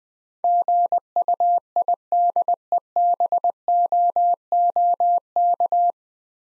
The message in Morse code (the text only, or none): GUIDEBOOK